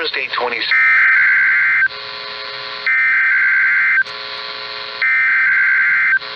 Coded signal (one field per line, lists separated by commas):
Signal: Emergency Alert System (SAME) tones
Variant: header bursts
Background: speech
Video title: (OFFICIAL) NEW STATIONS GALORE... EAS Tests from 12/2/2020-12/30/2020 (EAS #419-448)